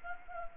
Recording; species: mosquito wingbeat signal from an infrared sensor; Anopheles gambiae